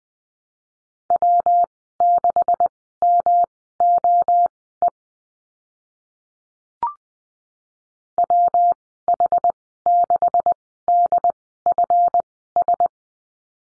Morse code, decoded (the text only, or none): W6MOE WH6DFS